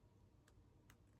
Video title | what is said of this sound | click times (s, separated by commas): Marvel Legends Nemesis BAF X-Factor Cyclops - UNBOXING!🤙🏽🔥 | there is a sturdiness. There's a click. | 0.9 s